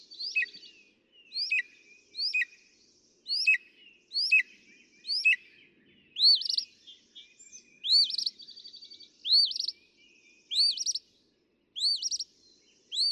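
Northern mockingbird song built from sharp upslurred notes repeated in steady series about once a second, mixed with brief rattly phrases.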